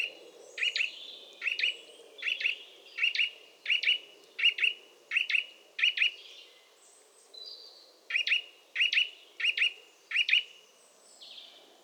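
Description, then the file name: Eurasian nuthatch repeating a doubled whistled note at a steady pace, about every three quarters of a second, with one brief pause, over steady background noise. "Sitta europaea"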